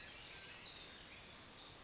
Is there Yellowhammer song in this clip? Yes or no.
no